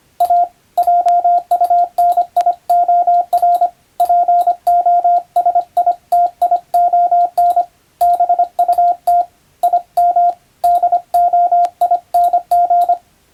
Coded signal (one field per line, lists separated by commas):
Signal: Morse code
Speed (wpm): 25 wpm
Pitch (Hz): 700 Hz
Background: radio noise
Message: A JUNIOR POSITION BUT IM DOING